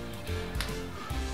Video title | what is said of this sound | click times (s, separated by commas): DIY KIDS JEWELRY MAKING KIT - Life with RC | Oh, another click. | 0.6 s